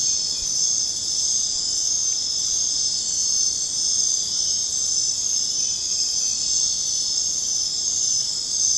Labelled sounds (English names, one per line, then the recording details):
none
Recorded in secondary vegetation near Puerto Asís, Putumayo, Colombia, on 23 June 2025 at 22:30
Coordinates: 0.484, -76.319
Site G074